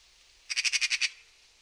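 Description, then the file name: Eurasian magpie giving a single harsh rattling chatter of about seven rapid, even notes lasting roughly half a second, against a quiet background. "Pica pica"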